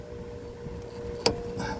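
A black fuel line quick connector, the second of two, is pushed onto the fuel filter (S 1833 B, 6Q0 201 051 C) of a 2013 VW Beetle 2.5L over a steady low hum. It clicks home with a single sharp snap at 1.3 s, and the connector is seated.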